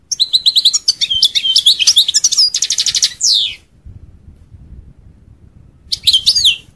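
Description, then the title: European goldfinch song, a fast jumble of liquid twitters and a buzzy trill over three seconds, then a pause and a short twittering restart. "Chant Chardonneret"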